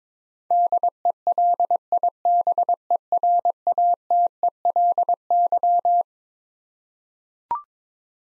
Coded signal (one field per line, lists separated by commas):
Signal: Morse code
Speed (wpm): 21 wpm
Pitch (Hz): 700 Hz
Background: none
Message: DELIBERATELY